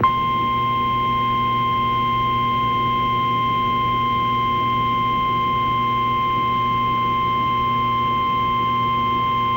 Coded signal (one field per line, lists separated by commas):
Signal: Emergency Alert System (SAME) tones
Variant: 1050 Hz attention tone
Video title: Emergency Alert System Evolution 1987-2025